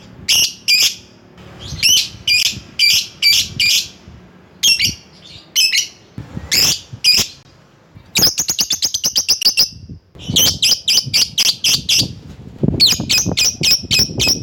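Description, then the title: Lovebird chattering in clusters of piercing high chirps, with a fast buzzy trill in the middle and more shrill chirp bursts after it. Lovebird calling a rival. "Lovebird Memanggil Lawan"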